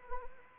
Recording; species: mosquito wingbeat signal from an infrared sensor; Anopheles arabiensis